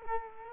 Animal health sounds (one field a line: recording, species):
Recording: mosquito wingbeat signal from an infrared sensor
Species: Culex quinquefasciatus